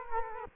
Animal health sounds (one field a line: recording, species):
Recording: mosquito wingbeat signal from an infrared sensor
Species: Culex quinquefasciatus